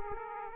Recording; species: mosquito wingbeat signal from an infrared sensor; Aedes aegypti